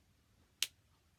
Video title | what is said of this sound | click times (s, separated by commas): CHANGING AN AUTOSOFT 90 DEGREE SITE - TANDEM T:SLIM X2 | can hear one good click and you're going to know the whole cartridge is installed so | 0.6 s